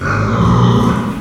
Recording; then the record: squeal of a Yucatan mini pig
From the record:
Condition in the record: after surgery on the right vocal fold (resection and tissue-engineered implant); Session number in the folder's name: 15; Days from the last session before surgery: 175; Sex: female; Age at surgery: 19 weeks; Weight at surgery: 25 kg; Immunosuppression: prednisolone